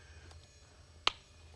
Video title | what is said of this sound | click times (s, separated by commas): How to Make a Trailerable Boat Cover | and you can hear it click once | 1.1 s